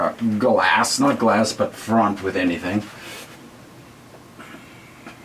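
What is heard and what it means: An Acer B276HK 4K IPS monitor panel is handled and lowered toward the stand's mounting bracket while someone talks for the first 2.8 seconds, followed by quieter handling noise and a few faint knocks. Nothing has seated or clicked yet.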